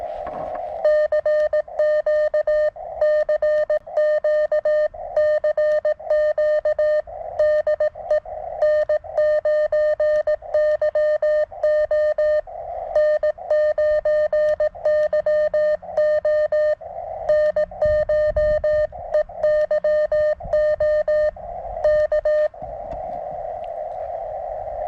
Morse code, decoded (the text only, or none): CQ CQ CQ DE N9YO N9YO NCH EYO K